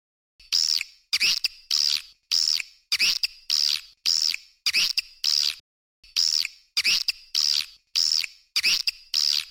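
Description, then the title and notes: Swiftlet calls, a regular series of high, arching chirps repeated almost twice per second, pausing briefly partway through. Used for swiftlet farming in Asia. "Swiflet Bird Sound. Farming Swiflet Bird asia sound"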